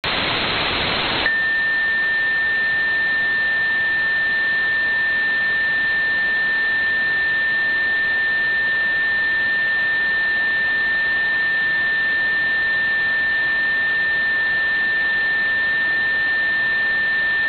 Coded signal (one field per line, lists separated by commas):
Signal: JT65, JT9 or WSPR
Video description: Currently VK4ADC's transmissions consist of one WSPR cycle, an odd and even FT8 ID and a CW ID sequentially. My receiver was slightly off frequency during this recording so I was unable to decode the WSPR.